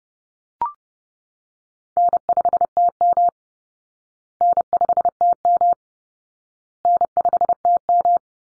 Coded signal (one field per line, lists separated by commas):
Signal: Morse code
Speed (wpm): 28 wpm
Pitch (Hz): 700 Hz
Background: none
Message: N5TM N5TM N5TM